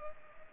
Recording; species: mosquito wingbeat signal from an infrared sensor; Culex pipiens